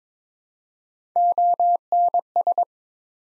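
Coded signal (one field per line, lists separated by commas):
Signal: Morse code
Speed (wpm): 22 wpm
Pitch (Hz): 700 Hz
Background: none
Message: ONS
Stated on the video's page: Morse drill at 22 wpm of ARRL section abbreviations used in Field Day exchanges, each sent twice.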